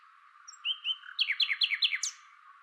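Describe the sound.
Common nightingale song phrase: a few soft whistles, then a quick series of sharp descending notes ending on a brighter high note.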